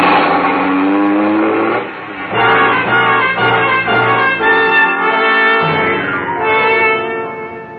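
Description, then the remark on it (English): A car engine revs hard as the car drives off out of a parking lot, its loud droning pitch climbing and dropping through several gear shifts, with a brief dip in the roar partway through. “As you drive out, he comes running up alongside of your car.”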